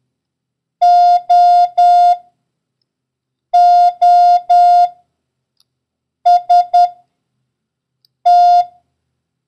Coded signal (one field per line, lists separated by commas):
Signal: Morse code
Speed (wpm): 10 wpm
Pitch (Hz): 710 Hz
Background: none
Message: OOST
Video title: International Morse Code: Lesson 3